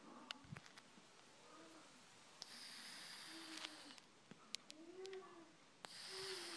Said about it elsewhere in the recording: Very, very quiet, very short. My snoring cat. It's curled up in the corner of the kitchen. Sounds like air's being let out of a tyre.